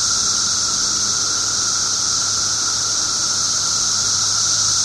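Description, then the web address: Periodical cicada chorus, steady high buzzing with a constant whine, and a faint low hum running beneath. 17-year periodical cicadas recorded 18 June 2007 at 1:00 pm. "cicadas 6 18 07 1 ' 00 pm. 17 yrcicada"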